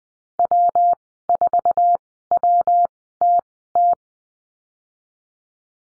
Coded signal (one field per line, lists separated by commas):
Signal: Morse code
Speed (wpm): 20 wpm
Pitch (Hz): 700 Hz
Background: none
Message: W4WTT